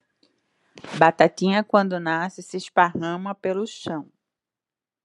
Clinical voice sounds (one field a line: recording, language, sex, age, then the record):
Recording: short text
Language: Brazilian Portuguese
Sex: female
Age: 40 to 49 years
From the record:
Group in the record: control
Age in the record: 48 years